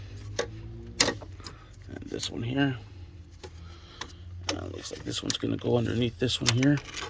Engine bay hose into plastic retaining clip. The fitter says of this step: all right now we're going to run this hose it's going to clip right in here and